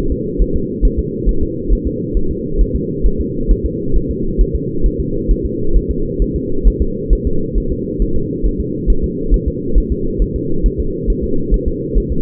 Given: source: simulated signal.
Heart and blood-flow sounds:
fetal heart sounds
0.12 s: S2
0.42 s: S1
0.56 s: S2
0.85 s: S1
0.99 s: S2
1.29 s: S1
1.43 s: S2
1.73 s: S1
1.87 s: S2
2.17 s: S1
2.31 s: S2
2.61 s: S1
2.76 s: S2
3.06 s: S1
3.20 s: S2
3.51 s: S1
3.66 s: S2
3.96 s: S1
4.11 s: S2
4.41 s: S1
4.55 s: S2
4.86 s: S1
5.00 s: S2
5.31 s: S1
5.45 s: S2
5.76 s: S1
5.91 s: S2
6.22 s: S1
6.36 s: S2
6.67 s: S1
6.82 s: S2
7.13 s: S1
7.27 s: S2
7.58 s: S1
7.72 s: S2
8.02 s: S1
8.16 s: S2
8.46 s: S1
8.61 s: S2
8.90 s: S1
9.04 s: S2
9.34 s: S1
9.48 s: S2
9.78 s: S1
9.92 s: S2
10.22 s: S1
10.36 s: S2
10.66 s: S1
10.80 s: S2
11.10 s: S1
11.24 s: S2
11.54 s: S1
11.68 s: S2
11.98 s: S1
12.12 s: S2
From the record:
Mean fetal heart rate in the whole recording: 135 bpm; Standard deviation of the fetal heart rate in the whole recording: 3 bpm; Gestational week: 36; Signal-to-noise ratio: -8.1 dB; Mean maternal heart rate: 72 bpm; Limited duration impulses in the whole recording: present

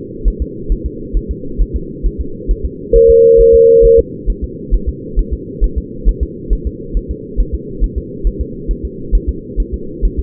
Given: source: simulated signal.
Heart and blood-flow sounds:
fetal heart sounds
0.28 s: S1
0.42 s: S2
0.72 s: S1
0.86 s: S2
1.17 s: S1
1.31 s: S2
1.61 s: S1
1.76 s: S2
2.06 s: S1
2.20 s: S2
2.51 s: S1
2.65 s: S2
2.96 s: S1
3.10 s: S2
3.41 s: S1
3.55 s: S2
3.85 s: S1
3.99 s: S2
4.30 s: S1
4.44 s: S2
4.74 s: S1
4.89 s: S2
5.19 s: S1
5.33 s: S2
5.64 s: S1
5.78 s: S2
6.09 s: S1
6.23 s: S2
6.53 s: S1
6.67 s: S2
6.97 s: S1
7.11 s: S2
7.40 s: S1
7.55 s: S2
7.84 s: S1
7.98 s: S2
8.27 s: S1
8.41 s: S2
8.71 s: S1
8.85 s: S2
9.15 s: S1
9.29 s: S2
9.60 s: S1
9.74 s: S2
10.05 s: S1
10.19 s: S2
From the record:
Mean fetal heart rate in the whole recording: 135 bpm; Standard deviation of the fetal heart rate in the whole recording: 3 bpm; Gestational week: 36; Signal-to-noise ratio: -4.3 dB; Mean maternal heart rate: 72 bpm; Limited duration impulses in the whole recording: present

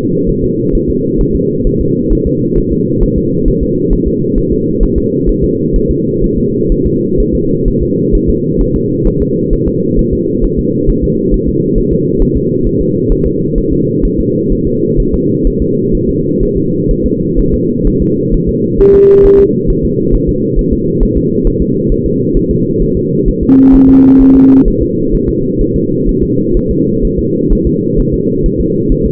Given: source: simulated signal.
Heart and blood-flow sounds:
fetal heart sounds
0.29 s: S1
0.44 s: S2
0.75 s: S1
0.90 s: S2
1.21 s: S1
1.35 s: S2
1.67 s: S1
1.81 s: S2
2.12 s: S1
2.27 s: S2
2.58 s: S1
2.72 s: S2
3.03 s: S1
3.18 s: S2
3.48 s: S1
3.63 s: S2
3.93 s: S1
4.07 s: S2
4.38 s: S1
4.52 s: S2
4.83 s: S1
4.98 s: S2
5.29 s: S1
5.44 s: S2
5.76 s: S1
5.91 s: S2
6.24 s: S1
6.38 s: S2
6.72 s: S1
6.87 s: S2
7.20 s: S1
7.35 s: S2
7.68 s: S1
7.82 s: S2
8.15 s: S1
8.29 s: S2
8.61 s: S1
8.76 s: S2
9.07 s: S1
9.22 s: S2
9.53 s: S1
9.68 s: S2
9.99 s: S1
10.13 s: S2
10.44 s: S1
10.59 s: S2
10.89 s: S1
11.04 s: S2
11.34 s: S1
11.48 s: S2
11.78 s: S1
11.93 s: S2
12.22 s: S1
12.37 s: S2
12.67 s: S1
12.81 s: S2
13.12 s: S1
13.26 s: S2
13.58 s: S1
13.73 s: S2
14.05 s: S1
14.20 s: S2
14.52 s: S1
14.67 s: S2
15.00 s: S1
15.14 s: S2
15.47 s: S1
15.62 s: S2
15.95 s: S1
16.09 s: S2
16.43 s: S1
16.57 s: S2
16.91 s: S1
17.06 s: S2
17.39 s: S1
17.54 s: S2
17.87 s: S1
18.02 s: S2
18.34 s: S1
18.49 s: S2
18.80 s: S1
18.95 s: S2
19.26 s: S1
19.40 s: S2
19.70 s: S1
19.85 s: S2
20.15 s: S1
20.29 s: S2
20.59 s: S1
20.73 s: S2
21.03 s: S1
21.17 s: S2
21.47 s: S1
21.62 s: S2
21.92 s: S1
22.06 s: S2
22.37 s: S1
22.51 s: S2
22.82 s: S1
22.97 s: S2
23.28 s: S1
23.43 s: S2
23.75 s: S1
23.89 s: S2
24.21 s: S1
24.36 s: S2
24.68 s: S1
24.82 s: S2
25.15 s: S1
25.29 s: S2
25.61 s: S1
25.76 s: S2
26.09 s: S1
26.23 s: S2
26.57 s: S1
26.71 s: S2
27.05 s: S1
27.19 s: S2
27.52 s: S1
27.67 s: S2
28.00 s: S1
28.14 s: S2
28.46 s: S1
28.61 s: S2
28.92 s: S1
29.06 s: S2
From the record:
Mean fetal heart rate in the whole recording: 130 bpm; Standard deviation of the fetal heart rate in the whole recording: 4 bpm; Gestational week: 38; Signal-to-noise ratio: -11.2 dB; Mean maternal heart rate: 72 bpm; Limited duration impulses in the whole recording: present

